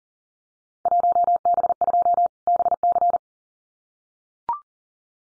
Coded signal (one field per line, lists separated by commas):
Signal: Morse code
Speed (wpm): 41 wpm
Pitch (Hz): 700 Hz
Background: none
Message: 1B2 BC